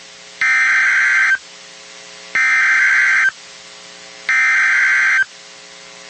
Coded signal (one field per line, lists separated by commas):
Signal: Emergency Alert System (SAME) tones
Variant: header bursts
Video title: EAS #1,922 Online NOAA Weather Radio Tornado Warning #5 5/16/25